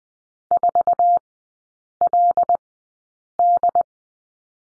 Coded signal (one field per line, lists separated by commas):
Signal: Morse code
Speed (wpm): 20 wpm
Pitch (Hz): 700 Hz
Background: none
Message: 4LD